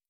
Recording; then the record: hydrophone in a shrimp aquaculture tank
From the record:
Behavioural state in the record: stressed